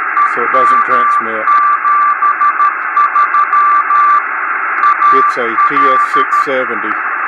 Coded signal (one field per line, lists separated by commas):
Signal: Morse code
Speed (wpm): 13 wpm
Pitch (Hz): 1170 Hz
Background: speech, radio noise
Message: EM73 AL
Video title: 6 Meter Radio Beacons